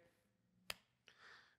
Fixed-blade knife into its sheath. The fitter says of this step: It does click in, you can hear it.